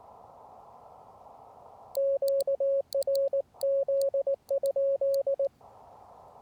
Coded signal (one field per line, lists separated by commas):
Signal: Morse code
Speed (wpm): 19 wpm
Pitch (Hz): 560 Hz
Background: radio noise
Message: QRZ?